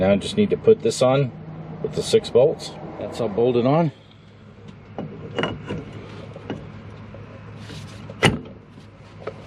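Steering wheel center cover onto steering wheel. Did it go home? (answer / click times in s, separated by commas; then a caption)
yes / 5.4 s. Someone talks while finishing bolting a new steering wheel onto a Polaris General XP with six bolts, then presses the plastic center cover onto the steering wheel. A loud double snap is heard at 5.4 s, among a few softer clicks and handling knocks, as the cover snaps into place and is seated.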